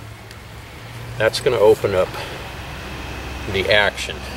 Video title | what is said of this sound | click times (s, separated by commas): benjamin xl 1100 nitro piston 22 caliber pellet rifle demonstration and discussion | got the butt on my boot down here and then just bring it down until it clicks | 0.3 s